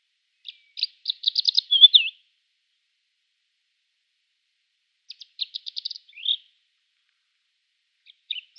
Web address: Schulze Peter Kordofan Lark song